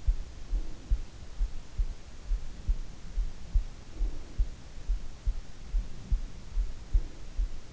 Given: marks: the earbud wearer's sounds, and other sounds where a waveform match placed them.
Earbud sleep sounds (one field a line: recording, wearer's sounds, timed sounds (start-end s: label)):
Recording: sounds in sleep by an in-ear microphone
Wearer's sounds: breath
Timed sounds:
0.31-1.35 s: breath
3.86-4.91 s: breath
6.77-7.73 s: breath